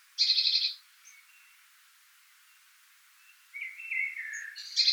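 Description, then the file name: Eurasian blue tit uttering a short buzzy churr, a pause with faint twittering notes, then a second harsh churr at the end. "Cyanistes caeruleus"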